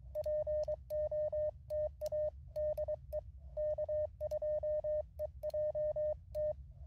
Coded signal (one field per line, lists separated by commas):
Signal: Morse code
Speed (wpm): 23 wpm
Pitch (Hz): 610 Hz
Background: none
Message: POTA DE K2EJT